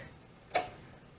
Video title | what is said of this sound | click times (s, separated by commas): How to Make a Godet Dress for Dolls Pt. 2 | see how it clicked okay once you hear that click you're going to put | 0.6 s